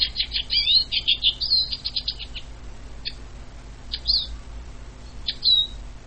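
Eurasian siskin twitter: a rapid burst of high chattering notes for two seconds, then scattered single sharp chirps and a thin descending whistled note near the end.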